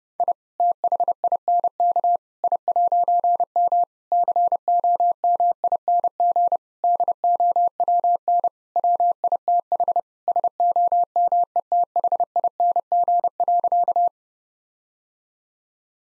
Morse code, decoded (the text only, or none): I THINK I'M COMING DOWN WITH SOMETHING.